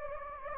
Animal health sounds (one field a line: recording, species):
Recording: mosquito wingbeat signal from an infrared sensor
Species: Anopheles gambiae